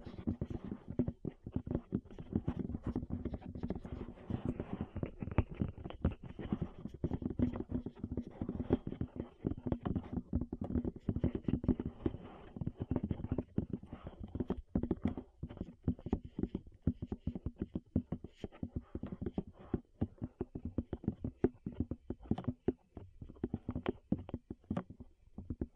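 Rapid tapping goes on for the whole stretch, a dense run of soft, muffled knocks with a low, thumping body and a dull edge. The taps come fast and fairly unevenly, crowded together early on and growing a little more spaced and choppy in the second half.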